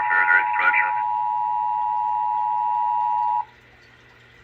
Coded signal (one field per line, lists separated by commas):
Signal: Emergency Alert System (SAME) tones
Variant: 853 and 960 Hz attention tone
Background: speech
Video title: Love canal channel #2 the test of the eas